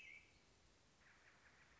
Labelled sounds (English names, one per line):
American Robin